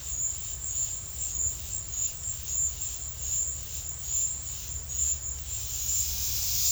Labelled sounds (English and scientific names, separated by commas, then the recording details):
none
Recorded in secondary vegetation near Puerto Asís, Putumayo, Colombia, on 28 February 2025 at 13:30
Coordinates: 0.498, -76.327
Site G001